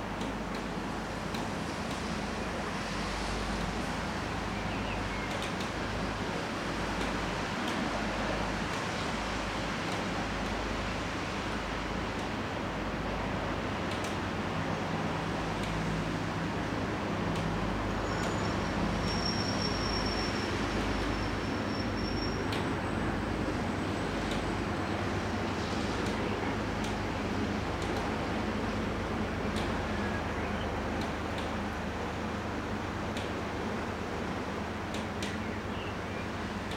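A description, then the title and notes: Rain patters steadily on a plastic roof, a dense, even hiss with scattered sharper drops. A low engine rumble from passing traffic or a boat holds underneath the whole time, and a brief thin high tone, perhaps a bird, appears around the twentieth second. A wet spring in Delfshaven. A wet, spring day on my balcony. Recorded in Rotterdam by Joris Frowein.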